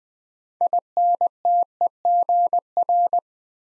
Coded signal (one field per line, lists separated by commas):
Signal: Morse code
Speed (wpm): 20 wpm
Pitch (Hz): 700 Hz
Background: none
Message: INTEGR